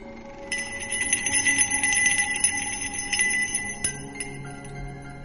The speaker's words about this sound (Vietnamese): Không đợi hai người bọn họ kịp phản ứng, thần nhạc linh treo ở bên hông của Bạch Phàm bỗng nhiên rung lên những tiếng leng ca leng keng.